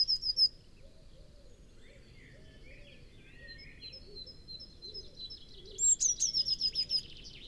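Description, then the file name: Eurasian blue tit song: a few high notes and soft scratchy twittering, then a bright high note leading into a fast falling trill near the end. "Cyanistes caeruleus"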